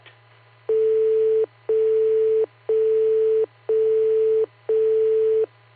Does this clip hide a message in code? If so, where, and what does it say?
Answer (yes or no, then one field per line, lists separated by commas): no